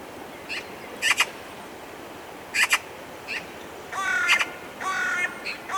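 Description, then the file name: Eurasian magpie giving harsh, rattling chatter calls in short paired bursts, then longer grating notes near the end, over steady background hiss. "Pica pica"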